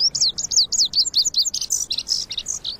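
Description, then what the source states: Lazuli bunting song: a quick, high, sweet run of chirps and slurred notes tumbling along. Perched atop an elderberry spike, tipping its head back to sing; summer, brushy canyons of the West.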